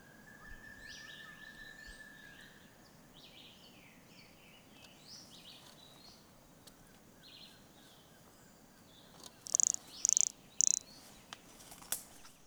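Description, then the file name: Brachycephalus sulfuratus toadlet: birds chirp and a long whistle sounds early, then a toadlet gives three loud, high, pulsed buzzy notes about half a second apart near the end. Recorded at Serra Água Limpa on 26 October 2011. "MHNCI Brachycephalus sulfuratus Serra Agua Limpa 26 out 2011 MRBornschein"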